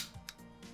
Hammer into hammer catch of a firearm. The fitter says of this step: make sure it's got a good click